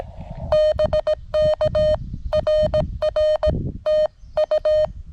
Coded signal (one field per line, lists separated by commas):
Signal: Morse code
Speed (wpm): 17 wpm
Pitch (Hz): 610 Hz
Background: none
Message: BK RR TU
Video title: When things go wrong.....CW POTA at K-5072